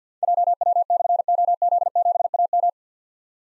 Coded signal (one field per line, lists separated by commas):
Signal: Morse code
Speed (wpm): 52 wpm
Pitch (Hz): 700 Hz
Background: none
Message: JW/OZ7AM